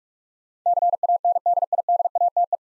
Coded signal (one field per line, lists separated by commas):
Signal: Morse code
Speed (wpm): 46 wpm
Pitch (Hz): 700 Hz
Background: none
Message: CANDIDATE